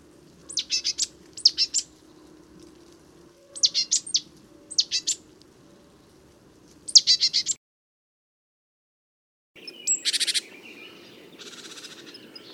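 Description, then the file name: Great tit calls: several short, chattering bursts of ticking notes, then a brief gap followed by harsher buzzy sounds. "Mesange charbonniere cris"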